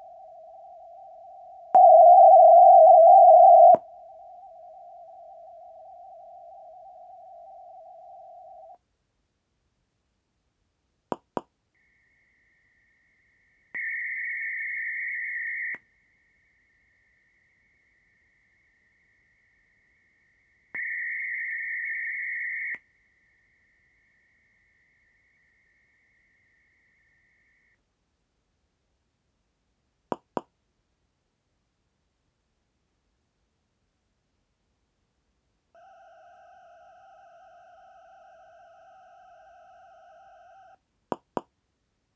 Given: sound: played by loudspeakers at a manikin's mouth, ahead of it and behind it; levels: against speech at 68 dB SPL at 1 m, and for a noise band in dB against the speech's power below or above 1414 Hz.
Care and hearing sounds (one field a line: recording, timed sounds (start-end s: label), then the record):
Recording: test signals for a remote microphone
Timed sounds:
0.00-1.75 s: noise band at 707 Hz, -13 dB
1.75-3.75 s: noise band at 707 Hz, +22 dB
3.75-8.75 s: noise band at 707 Hz, -13 dB
11.12 s: click
11.37 s: click
11.75-13.75 s: noise band at 2000 Hz, -13 dB
13.75-15.75 s: noise band at 2000 Hz, +22 dB
15.75-20.75 s: noise band at 2000 Hz, -13 dB
20.75-22.75 s: noise band at 2000 Hz, +22 dB
22.75-27.75 s: noise band at 2000 Hz, -13 dB
30.12 s: click
30.37 s: click
35.75-40.75 s: four noise bands (707, 1414, 2828 and 5656 Hz), 50 dB SPL
41.12 s: click
41.37 s: click
From the record:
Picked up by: measurement microphone